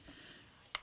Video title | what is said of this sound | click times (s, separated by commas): Stribog SP9A1 Review...The Best Budget PDW? | it locks into place really nicely there and again you can see how it engages | 0.8 s